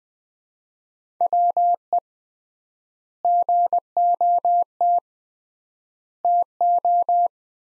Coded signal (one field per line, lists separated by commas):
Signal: Morse code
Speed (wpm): 20 wpm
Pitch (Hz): 700 Hz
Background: none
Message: WE GOT TO